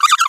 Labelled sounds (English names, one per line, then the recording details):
Green-rumped Parrotlet babbling
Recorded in a nest box in Venezuela
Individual 18B25A3